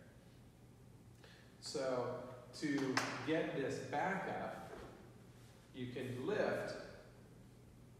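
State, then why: Not seated. A man talks while the Wacom drawing tablet stand is handled, being lifted back up toward its upright, raised position. Nothing has clicked or seated yet: the stand's leg and hinge have not locked into place by the end of the clip.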